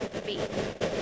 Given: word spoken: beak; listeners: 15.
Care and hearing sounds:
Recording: one English word in noise, from a listening test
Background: noise modulated by three-talker babble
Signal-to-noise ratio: -7.3 dB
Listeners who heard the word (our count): 2 of 15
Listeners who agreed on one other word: 6 of 15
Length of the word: 0.63 s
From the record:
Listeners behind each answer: 6, 4, 2, 1, 1, 1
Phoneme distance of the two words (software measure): 10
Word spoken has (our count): 1 syllable, 3 phonemes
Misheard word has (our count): 1 syllable, 3 phonemes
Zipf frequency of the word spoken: 3.83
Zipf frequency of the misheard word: 5.07

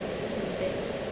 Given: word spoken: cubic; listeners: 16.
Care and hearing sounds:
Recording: one English word in noise, from a listening test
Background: speech-shaped noise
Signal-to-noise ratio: -5.9 dB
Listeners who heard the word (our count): 0 of 16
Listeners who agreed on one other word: 6 of 16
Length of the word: 0.72 s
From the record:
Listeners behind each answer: 6, 3, 2, 1, 1, 1, 1, 1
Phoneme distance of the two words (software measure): 37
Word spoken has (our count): 2 syllables, 6 phonemes, stress on syllable 1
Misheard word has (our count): 2 syllables, 7 phonemes, stress on syllable 2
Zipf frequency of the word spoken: 3.16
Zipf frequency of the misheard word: 3.21

